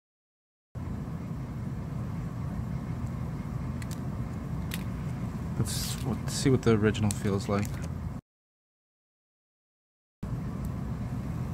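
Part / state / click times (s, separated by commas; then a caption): original smartphone battery into phone battery compartment / not seated / none. The original battery for a DTEK 60 (BBA100-1) smartphone is handled at the phone's battery compartment to compare its fit, while someone talks over a steady low background hum. A few faint taps occur near 3.8, 3.9 and 4.7 seconds, followed by a stretch of silence from about 8.2 to 10.2 seconds before the hum returns. The battery has not yet seated or clicked into place by the end of the clip.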